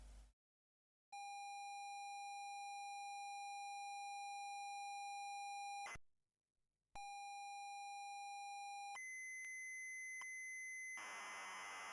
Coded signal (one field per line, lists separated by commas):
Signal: ZX Spectrum tape loading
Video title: ZX Spectrum MIA Preview - Episode 8 - Gigabase